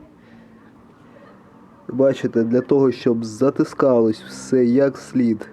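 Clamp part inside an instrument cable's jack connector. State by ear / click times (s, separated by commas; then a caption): not seated / none. Someone talks while handling the clamping part inside an instrument cable's jack connector, the piece that holds everything tight, against a faint low background hum. Nothing has seated or clicked yet.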